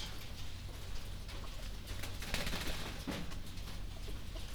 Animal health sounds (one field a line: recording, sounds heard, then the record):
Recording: poultry house recording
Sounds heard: healthy chickens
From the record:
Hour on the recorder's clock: 1